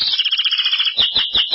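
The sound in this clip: Belgian canary singing a fast, high warbling trill of rapid repeated notes, shifting to slower pulsed phrases near the end.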